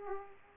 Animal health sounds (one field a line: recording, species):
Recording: mosquito wingbeat signal from an infrared sensor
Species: Aedes aegypti